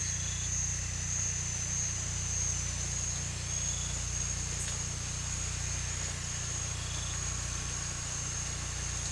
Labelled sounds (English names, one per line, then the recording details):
none
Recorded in pastures near Puerto Asís, Putumayo, Colombia, on 16 December 2024 at 01:30
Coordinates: 0.472, -76.331
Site GP02